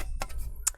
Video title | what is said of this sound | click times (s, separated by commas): Macbook Air A2337 Screen Replacement | The trackpad is the one that clipping it down, so when you pull it, you can hear that little click, which is normal. | 0.2 s, 0.7 s